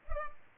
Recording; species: mosquito wingbeat signal from an infrared sensor; Culex pipiens